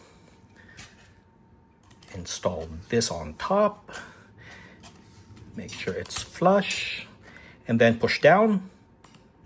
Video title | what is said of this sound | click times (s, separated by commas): TILTA Khronos for the iPhone 16 Pro Max | You'll hear a click, there we go, and then lock it. | 9.0 s